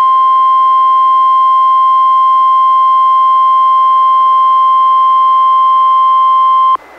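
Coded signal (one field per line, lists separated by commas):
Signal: Emergency Alert System (SAME) tones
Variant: 1050 Hz attention tone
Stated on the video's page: NOAA Weather Radio weekly test relayed by a transmitter, recorded from a Reecom R-1630 weather radio through a Zoom H1 recorder.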